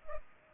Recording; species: mosquito wingbeat signal from an infrared sensor; Culex pipiens